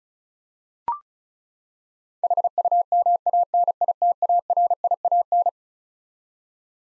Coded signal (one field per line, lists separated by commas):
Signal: Morse code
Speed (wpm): 36 wpm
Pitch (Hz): 700 Hz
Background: none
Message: HUMANITARIAN